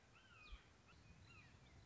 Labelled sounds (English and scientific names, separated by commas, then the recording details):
Red-shouldered Hawk (Buteo lineatus)
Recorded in Sonoma County, California